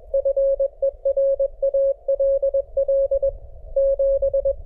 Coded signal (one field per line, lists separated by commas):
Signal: Morse code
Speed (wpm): 21 wpm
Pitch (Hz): 560 Hz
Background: none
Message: FER ALL 7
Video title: Building a Delta Loop Antenna For The 30m Band, Part 2.